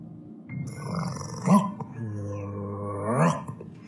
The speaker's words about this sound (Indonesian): Seekor anjing menggonggong di dekatku dan menggigit celanaku. Sontak aku kaget dan berlari. Namun anjing itu terus mengejar.